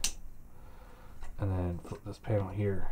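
A folded-down plastic part on a Fanstoys Soar (MP Swoop) transforming robot figure is pushed so its tab goes into its slot, giving a sharp snap at 0.0 s as the tab seats. Someone then talks over quiet background for the rest of the clip.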